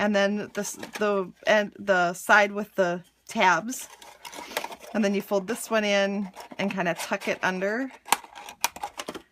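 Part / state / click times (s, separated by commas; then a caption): cardstock box end tab into the folded box end / seated / 8.6 s. Someone talks while folding the cardstock end flap of a scored paper gift box and tucking its tab under into the folded box end. Soft paper handling sounds come through the speech, followed by a cluster of sharp taps near the end. The loudest snap, at 8.6 s, is the tab seating into place.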